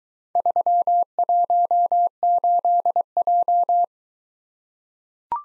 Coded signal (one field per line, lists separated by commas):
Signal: Morse code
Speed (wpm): 23 wpm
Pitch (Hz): 700 Hz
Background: none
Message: 318J